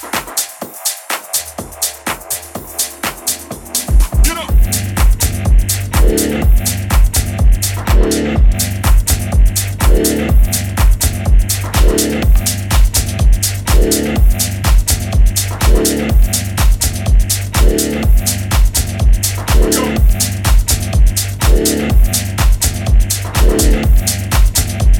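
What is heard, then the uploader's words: A house track opens sparse, then near four seconds a steady, driving kick and deep repeating bassline enter under crisp, regular hi-hats. New house sounds.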